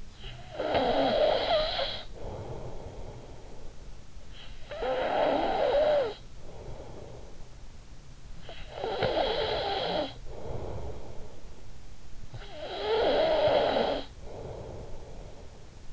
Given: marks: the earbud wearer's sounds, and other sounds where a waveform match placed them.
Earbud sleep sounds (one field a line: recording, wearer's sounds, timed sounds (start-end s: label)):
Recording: sounds in sleep by an in-ear microphone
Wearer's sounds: snoring breath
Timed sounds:
0.12-4.01 s: snoring breath
4.61-11.70 s: snoring breath
12.27-15.70 s: snoring breath